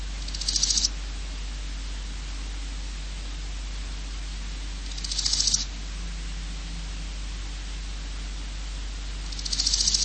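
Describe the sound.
Large gold grasshopper stridulating in brief, buzzy, pulsed bursts that grow louder, repeated three times about every four and a half seconds, with constant background hiss.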